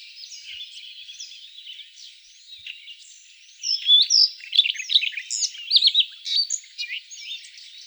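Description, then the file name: Siberian rubythroat song begins as soft, jumbled twittering, then turns louder halfway through into a brisk run of sweet whistles, slurred notes and chirps. "solovey krasnosheyka golos"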